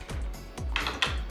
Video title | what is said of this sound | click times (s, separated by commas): Cozey Sofa Review - Comfy, Modular, Sofa in a Box for Modern Living | i have to admit the sound it makes when it snaps into place is very satisfying to hear as you can see | 0.8 s, 1.0 s